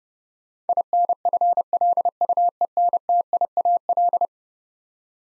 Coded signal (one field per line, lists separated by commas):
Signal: Morse code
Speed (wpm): 32 wpm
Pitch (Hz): 700 Hz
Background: none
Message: INFLUENTIAL